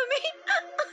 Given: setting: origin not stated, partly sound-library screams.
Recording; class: one-second piece from a danger detection set; woman in danger